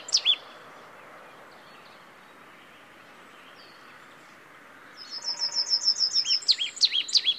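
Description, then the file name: Marsh tit calls: a brief pair of sharp notes, a long quiet gap, then a fast chattering run of high notes ending in several hooked, downswept calls. "Poecile palustris"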